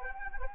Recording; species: mosquito wingbeat signal from an infrared sensor; Anopheles arabiensis